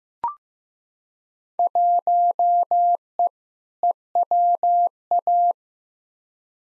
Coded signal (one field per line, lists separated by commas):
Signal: Morse code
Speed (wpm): 15 wpm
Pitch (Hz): 700 Hz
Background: none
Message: 1E EWA